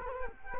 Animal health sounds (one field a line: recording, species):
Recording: mosquito wingbeat signal from an infrared sensor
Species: Culex quinquefasciatus